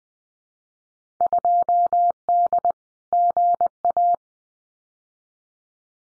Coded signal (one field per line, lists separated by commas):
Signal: Morse code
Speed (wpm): 20 wpm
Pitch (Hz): 700 Hz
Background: none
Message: 2D GA